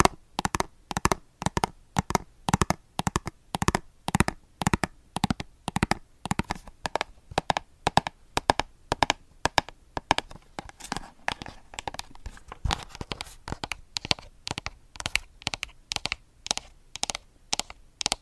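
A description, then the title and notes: ASMR tapping: rapid fingertip taps strike in quick clusters and flurries through the whole clip, each tap a crisp, sharp click. The rhythm is irregular, bursts of several taps separated by brief pauses, with faint rustling between them. Blue yeti microphone. Asmr tapping.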